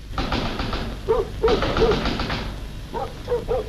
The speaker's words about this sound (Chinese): 有人敲门， 我先去看一看啊。